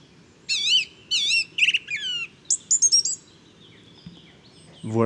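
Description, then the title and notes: Song thrush song with a wavering warbled phrase given twice, then shorter whistled notes and a quick chattering run; a brief low sound at the end. Inventive, varied, virtuoso male singing just after daybreak, 12 February 2019, Bois de Château Serein; Nagra Seven recorder with Telinga Pro7. "Bois de chateau serein. j&#39;enregistre une magnifique Grive musicienne"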